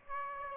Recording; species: mosquito wingbeat signal from an infrared sensor; Aedes aegypti